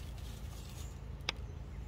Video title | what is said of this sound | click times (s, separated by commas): FUEL FILTER REPLACEMENT - SUZUKI OUTBOARD DF140A - LOCATION AND CHANGE | I don't know if you can hear click but that was click | 1.3 s